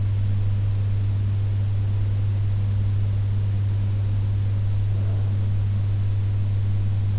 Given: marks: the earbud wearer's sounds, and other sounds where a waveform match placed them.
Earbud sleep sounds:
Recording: sounds in sleep by an in-ear microphone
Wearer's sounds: breath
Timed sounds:
4.27-6.27 s: breath

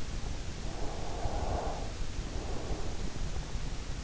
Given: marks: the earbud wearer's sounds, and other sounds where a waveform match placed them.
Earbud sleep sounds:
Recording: sounds in sleep by an in-ear microphone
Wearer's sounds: breath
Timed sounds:
0.68-3.56 s: breath

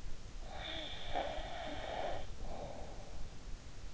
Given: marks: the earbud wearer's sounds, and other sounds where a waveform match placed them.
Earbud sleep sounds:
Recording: sounds in sleep by an in-ear microphone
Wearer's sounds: snoring breath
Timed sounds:
0.43-3.32 s: snoring breath

